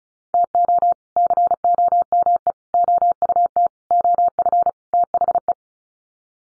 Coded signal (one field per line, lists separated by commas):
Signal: Morse code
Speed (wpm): 34 wpm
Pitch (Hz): 700 Hz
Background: none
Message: TO COME OUT OF THE